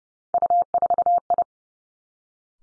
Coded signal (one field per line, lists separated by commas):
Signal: Morse code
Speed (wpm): 30 wpm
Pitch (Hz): 700 Hz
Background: none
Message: U4I